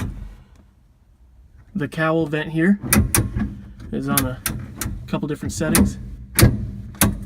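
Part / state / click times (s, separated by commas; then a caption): cowl vent handle in the truck's cowl vent mechanism / seated / 7.0 s. Someone talks while working the cowl vent handle of a 1952 3100 truck through its different settings, with metallic clacks along the way. A sharp metallic clack at 7.0 seconds is the handle locking into place in the cowl vent mechanism.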